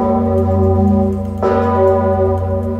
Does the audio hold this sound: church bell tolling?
yes